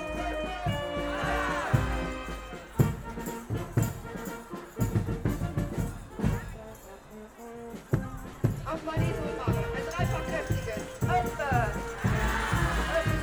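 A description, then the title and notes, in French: A walk through Belgian sound spaces, busy with talking voices and a crowd murmur throughout. Sharp knocks land near 3, 6 and 8 seconds, and bright rising-and-falling ringing tones swell around 1–2 seconds and again near 12 seconds. C’est une marche traversant des espaces sonores Belges. La vie se déroule et chante, trépigne, longe des canaux, frappe et martèle le sol. Il y a de grands espaces, des tours, des rivières, mais aussi des pièces fermées, des chambres et des escaliers qui communiquent avec le dehors.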